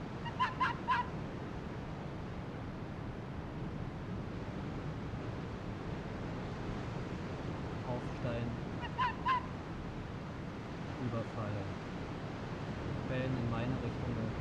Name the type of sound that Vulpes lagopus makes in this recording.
call